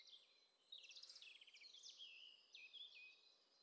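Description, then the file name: Eurasian wren song: high trills and quick warbled notes over a steady hiss of background noise. "Troglodytes troglodytes"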